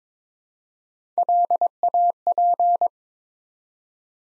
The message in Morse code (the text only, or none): LAP